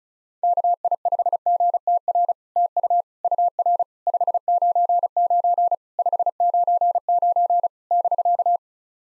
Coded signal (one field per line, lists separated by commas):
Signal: Morse code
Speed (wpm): 36 wpm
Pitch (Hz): 700 Hz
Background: none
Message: KI5GTR TU UR 599 599 <BK>